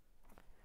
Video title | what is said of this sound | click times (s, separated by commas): VOCiC Rollator Walker Transport Chair 2-in-1 - Mother's Day SALE on NOW | until you hear and feel a click | 0.4 s